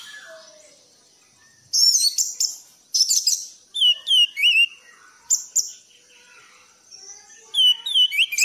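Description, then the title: Thrush song: phrases of sharp chirps alternating with looping, falling whistled notes, separated by brief pauses. Cage-bird song tutoring recording (masteran); bird described as gacor teler. "anis gacor teler"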